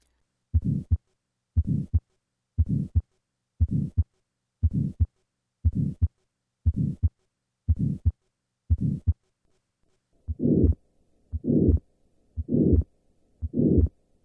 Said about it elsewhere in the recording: Compare the soft early peaking murmur of severe right ventricular outflow obstruction in tetralogy of Fallot to the harsh late peaking murmur of severe valvular pulmonic stenosis. I will start with the murmur of right ventricular outflow obstruction and then add the murmur of valvular pulmonic stenosis.